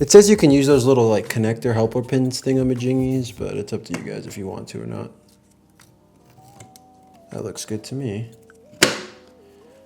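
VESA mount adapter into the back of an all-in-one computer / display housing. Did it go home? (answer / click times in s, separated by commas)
yes / 8.8 s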